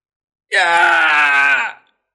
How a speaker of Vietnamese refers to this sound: Thánh tử kia hét to, gã căn bản không cản nổi thiên kiếp như vậy, mỗi một tấc máu thịt đều cháy khét.